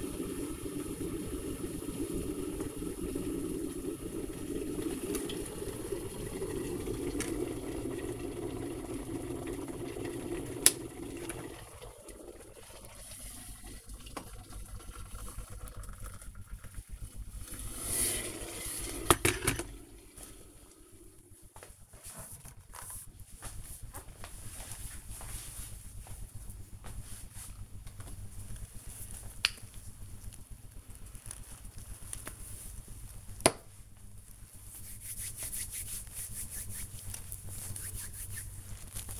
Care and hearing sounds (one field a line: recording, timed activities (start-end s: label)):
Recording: household activities, microphone on the right wrist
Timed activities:
0.00-18.94 s: making tea
27.00-39.20 s: cream hands